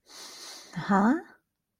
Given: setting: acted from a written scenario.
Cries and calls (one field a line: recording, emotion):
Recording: vocal sound without words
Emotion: confusion